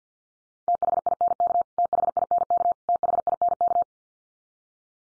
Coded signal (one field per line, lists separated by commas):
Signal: Morse code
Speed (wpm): 50 wpm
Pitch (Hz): 700 Hz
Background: none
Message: THINK THINK THINK